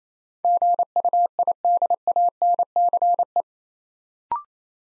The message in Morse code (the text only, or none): GUIDANCE